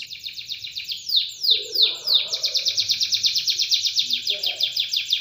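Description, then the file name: Canary song of rapid high trills, a few slower downward-swooping notes in the middle, then a fast, even rattle to the end. "kenari van helsing omkicau"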